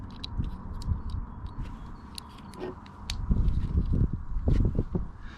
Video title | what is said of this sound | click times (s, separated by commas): Lidl Folding Utility Knife - Bargain Or Cheap Cr@p? | that seems to work all right they go a lot and i must say that does open with a nice little click | 0.2 s, 2.2 s, 3.1 s